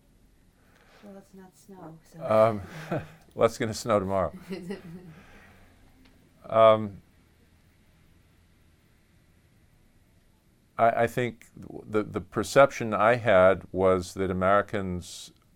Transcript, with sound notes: —
Well, that's not snow so —
[chuckles] Well, it's going to snow tomorrow.
Is it? [chuckles]
I — I think the perception I had was that Americans